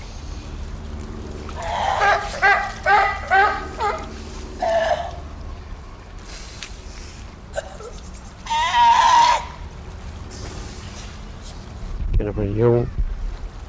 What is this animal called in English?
California Sea Lion